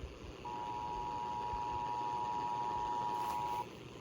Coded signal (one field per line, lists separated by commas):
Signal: Emergency Alert System (SAME) tones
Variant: 853 and 960 Hz attention tone